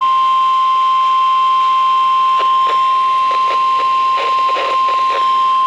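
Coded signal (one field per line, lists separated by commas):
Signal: Emergency Alert System (SAME) tones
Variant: 1050 Hz attention tone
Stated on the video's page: Severe thunderstorm warning received on NOAA Weather Radio WXJ75 and FM station WMAY-FM.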